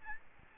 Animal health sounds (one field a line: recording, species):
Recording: mosquito wingbeat signal from an infrared sensor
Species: Aedes albopictus